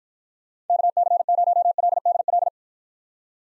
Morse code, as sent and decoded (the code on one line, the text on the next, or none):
-.- -.-. ----- .-.. -.. .-..
KC0LDL